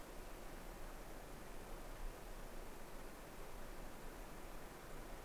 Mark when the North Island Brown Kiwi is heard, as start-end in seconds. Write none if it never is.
none